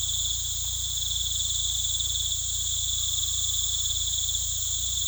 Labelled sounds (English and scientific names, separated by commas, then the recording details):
none
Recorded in pastures near Puerto Asís, Putumayo, Colombia, on 18 December 2024 at 19:00
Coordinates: 0.486, -76.323
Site GP01